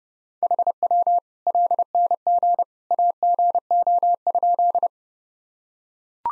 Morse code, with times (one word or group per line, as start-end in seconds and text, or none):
0.4-1.2 HW
1.5-2.6 LNG
2.9-4.9 AGO?